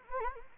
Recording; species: mosquito wingbeat signal from an infrared sensor; Anopheles arabiensis